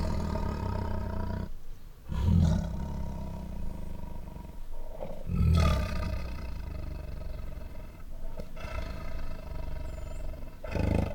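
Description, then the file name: White tiger producing a low, grumbling growl throughout, with a few forceful, raspy snarls spaced a few seconds apart. White tiger at a zoo, angry, making growls, snarls, snores and roars. "White Tiger at Zoo Makes Angry Growls, Snarls, Snores and Roars [Sound Ideas]"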